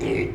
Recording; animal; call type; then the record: contact call of a hoofed animal; pig; closed-mouth grunt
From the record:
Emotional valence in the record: negative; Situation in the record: short social isolation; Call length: 0.35 s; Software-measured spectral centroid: 1700 Hz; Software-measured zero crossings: 1060 a second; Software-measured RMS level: -24 dBFS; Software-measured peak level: -12 dBFS